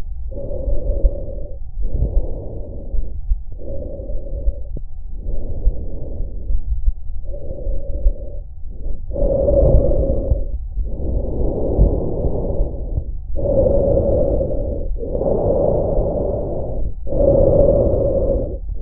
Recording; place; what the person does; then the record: lung sounds by stethoscope; trachea; quiet breathing, then deep breathing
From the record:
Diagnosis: asthma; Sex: female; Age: 72 years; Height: 160 cm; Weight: 63.4 kg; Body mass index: 24.8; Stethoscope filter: extended mode